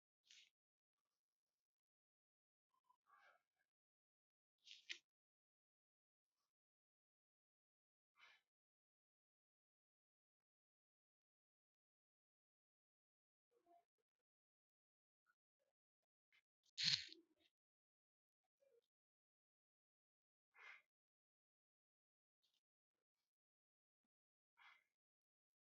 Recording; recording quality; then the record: deep breathing; moderate, slight background noise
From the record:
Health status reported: healthy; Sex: male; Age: 25 years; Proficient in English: yes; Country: India